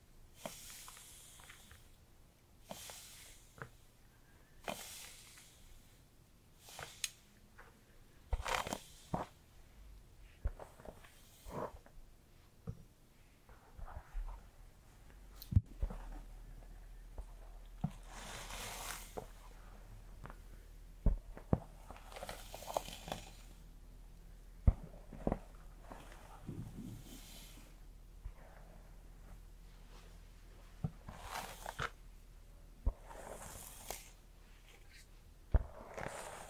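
Hair being brushed and handled, with soft bright swishing strokes that come in bursts every few seconds. Sharp little clicks and taps are scattered throughout, and a low steady hum sits underneath, growing a bit stronger after the midpoint.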